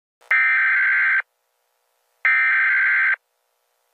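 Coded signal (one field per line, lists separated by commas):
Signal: Emergency Alert System (SAME) tones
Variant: header bursts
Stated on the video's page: Fictional EAS scenario of a Los Angeles earthquake, using valid EAS tones.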